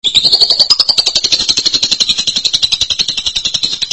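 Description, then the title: Lovebird chattering in a fast, continuous, buzzy trill of rapid pulses, with no other sounds. "BM Suara Burung Lovebird"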